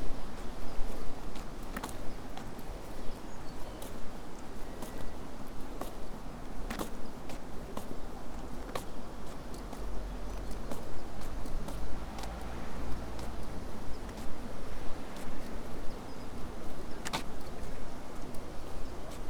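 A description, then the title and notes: A walk along the South West Coast Path between Crackington Haven and Boscastle. A steady, dense low rumble like wind runs throughout, with scattered sharp clicks and taps every few seconds, possibly footsteps, the loudest near seven and seventeen seconds. Today's walk is from Crackington Haven to Boscastle along the South West Coast Path.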